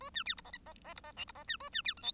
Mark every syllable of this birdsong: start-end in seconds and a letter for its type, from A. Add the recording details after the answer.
0.00-0.10 A, 0.14-0.23 B, 0.25-0.34 C, 0.37-0.41 D, 0.44-0.51 E, 0.53-0.58 F, 0.66-0.73 E, 0.84-0.94 E, 0.96-1.01 D, 1.03-1.12 E, 1.16-1.25 G, 1.27-1.32 D, 1.35-1.44 E, 1.47-1.57 B, 1.60-1.69 A, 1.72-1.82 B, 1.84-1.94 C, 1.97-2.02 H, 2.02-2.12 I. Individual Bird1